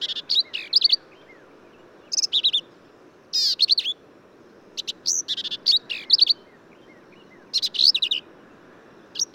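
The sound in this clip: Black-capped Vireo giving rapid, jumbled phrases of buzzy chips and slurred whistles, separated by short pauses.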